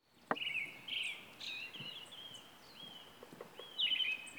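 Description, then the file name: Brown-headed thrush singing soft whistled notes, some drawn out and others rising, ending with a brighter warbled phrase over steady background hiss. "akahara"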